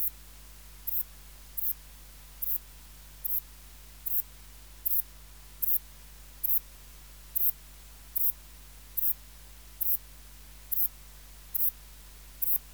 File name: Ephippiger cruciger